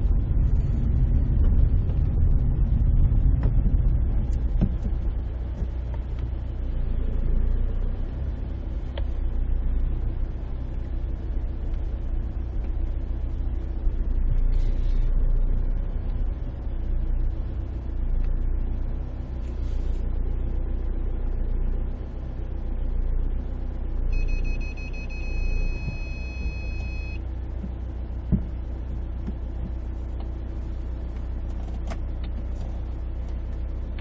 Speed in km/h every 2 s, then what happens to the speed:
13, 10, 2, 0, 2, 3, 0, 0, 0, 0, 0, 0, 0, 0, 0, 0, 0.
0-4 slows to 2. 4-34 standing.